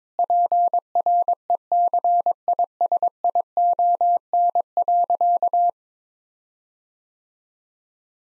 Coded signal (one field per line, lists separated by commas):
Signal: Morse code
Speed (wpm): 22 wpm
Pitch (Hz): 700 Hz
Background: none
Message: PRECISION.